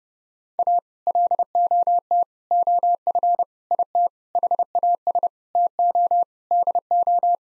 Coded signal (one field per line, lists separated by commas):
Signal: Morse code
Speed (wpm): 30 wpm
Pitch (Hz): 700 Hz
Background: none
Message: A LOT OF IT HAS TO DO